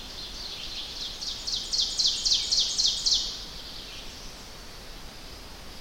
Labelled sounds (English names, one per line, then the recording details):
Ovenbird song
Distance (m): 30 m
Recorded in boreal forest in Alberta, Canada, on 10 June 2016 at 07:01
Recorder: SongMeter 3, array SBT-3-39
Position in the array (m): 231 m, 95 m
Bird 17